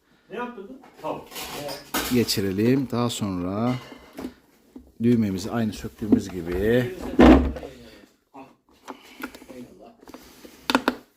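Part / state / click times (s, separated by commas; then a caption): switch button into vacuum cleaner housing / seated / 10.7 s. A plastic switch button is refitted into an Arçelik vacuum cleaner housing the same way it was removed, while someone talks. Small handling taps come near the end, then a sharp click at 10.7 s as the button snaps into place and is seated.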